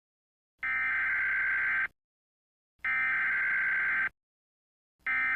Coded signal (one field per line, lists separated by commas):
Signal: Emergency Alert System (SAME) tones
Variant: header bursts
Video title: Eas zombie alert